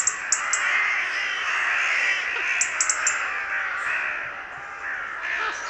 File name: Corvus corone